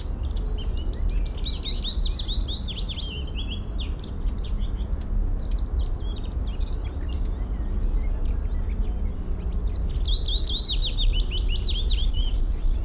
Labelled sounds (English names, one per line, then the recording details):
Willow Warbler
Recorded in the wild
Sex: male
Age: adult
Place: Karower Teiche, Naturpark Barnim, Berlin, DE
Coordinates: 52.62, 13.46
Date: 1994-04-24
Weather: Wind, sonnig, 15-18°C
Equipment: Marantz CP 430, Sennheiser ME 80, Kopie Uher Variocord 263
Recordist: Tembrock, Günter